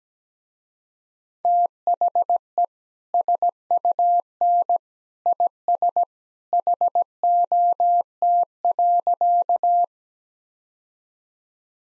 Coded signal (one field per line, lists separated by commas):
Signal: Morse code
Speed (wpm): 17 wpm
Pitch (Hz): 700 Hz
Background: none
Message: THE SUN IS HOT.